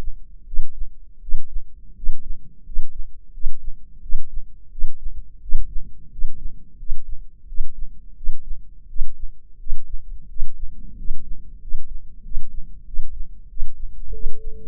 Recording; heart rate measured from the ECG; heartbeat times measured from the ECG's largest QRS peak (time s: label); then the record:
heart sounds by microphone in the left ear; 88 bpm
0.45 s: heartbeat
1.20 s: heartbeat
1.95 s: heartbeat
2.64 s: heartbeat
3.32 s: heartbeat
4.01 s: heartbeat
4.70 s: heartbeat
5.40 s: heartbeat
6.10 s: heartbeat
6.77 s: heartbeat
7.46 s: heartbeat
8.15 s: heartbeat
8.87 s: heartbeat
9.58 s: heartbeat
10.28 s: heartbeat
10.96 s: heartbeat
11.60 s: heartbeat
12.23 s: heartbeat
12.85 s: heartbeat
13.48 s: heartbeat
14.12 s: heartbeat
From the record:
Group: healthy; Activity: rest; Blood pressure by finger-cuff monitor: 142/98 mmHg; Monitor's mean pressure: 110 mmHg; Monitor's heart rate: 87 bpm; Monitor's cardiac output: 7.4 L/min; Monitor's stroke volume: 85 mL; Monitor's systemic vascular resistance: 1110 dyn s/cm5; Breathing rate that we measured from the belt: 14 breaths a minute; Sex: male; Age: 23 years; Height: 179 cm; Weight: 87 kg